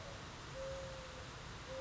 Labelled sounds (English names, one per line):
Mourning Dove